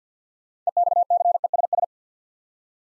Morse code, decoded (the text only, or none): EXCESS